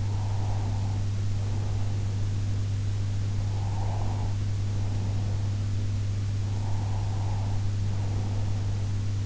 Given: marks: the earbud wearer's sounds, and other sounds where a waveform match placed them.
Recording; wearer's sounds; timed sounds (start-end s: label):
sounds in sleep by an in-ear microphone; breath
0.00-2.68 s: breath
3.34-5.77 s: breath
6.48-8.97 s: breath